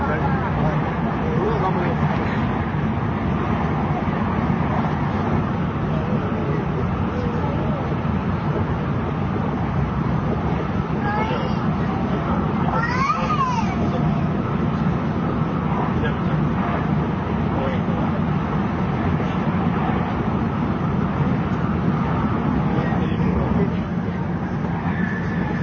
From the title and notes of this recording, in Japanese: JRN700系 京都〜新横浜。ひかり530号に乗車し、録音しました。